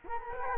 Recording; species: mosquito wingbeat signal from an infrared sensor; Culex quinquefasciatus